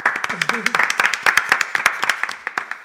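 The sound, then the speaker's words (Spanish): A group applauds, with dense, irregular clapping that keeps a steady level for about three seconds. A brief voice rises over the claps near the start. “Le damos un aplauso, le dejamos que se vaya.”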